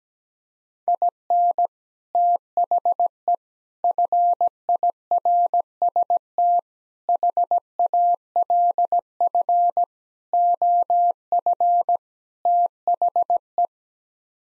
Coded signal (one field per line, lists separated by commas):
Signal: Morse code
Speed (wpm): 17 wpm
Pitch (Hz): 700 Hz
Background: none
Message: IN THE FIRST HALF OF THE